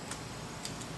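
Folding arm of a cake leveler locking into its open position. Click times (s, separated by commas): 0.1 s, 0.7 s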